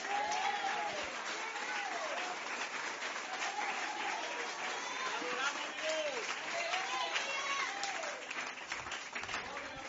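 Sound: audience applauding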